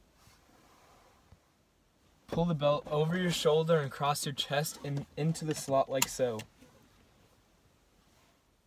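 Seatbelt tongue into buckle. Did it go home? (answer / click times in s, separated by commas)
no / none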